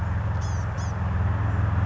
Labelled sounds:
Blue-gray Gnatcatcher
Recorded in Sonoma County, California

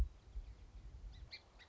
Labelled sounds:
Song Sparrow
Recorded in Sonoma County, California

